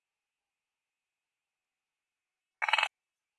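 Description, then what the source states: Loquacious treefrog giving one short, rapidly pulsed rattling call after a long silence. Call type 2.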